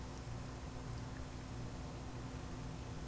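A volume control potentiometer is handled and lined up over an amplifier circuit board before being pressed in. Only a steady low hum and faint rustling are heard, with no words spoken. Nothing has seated or clicked yet.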